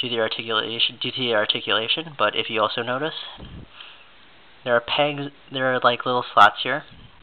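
Someone talks while handling the plastic knee joint on the inner leg frame of an MG 1/100 Sword Impulse Gundam model kit, whose pegs are meant to engage small slots in the leg frame and lock the knee into place. Speech fills most of the clip, with a quieter pause in the middle. The knee has not seated or clicked yet.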